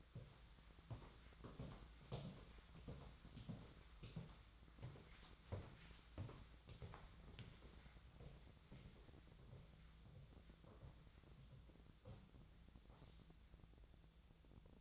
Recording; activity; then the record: daily activity, microphone in the room; walk to room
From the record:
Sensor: 3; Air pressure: 1010.1 hPa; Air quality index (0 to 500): 178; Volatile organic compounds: 12 ppm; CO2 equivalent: 2327 ppm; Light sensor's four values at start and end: 40/98/43/46 and 43/106/46/50